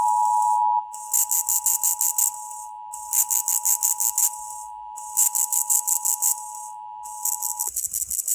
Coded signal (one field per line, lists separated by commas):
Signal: Emergency Alert System (SAME) tones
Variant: 853 and 960 Hz attention tone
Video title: SPECIAL GUEST APPEARANCE! EAS Tests from May 2023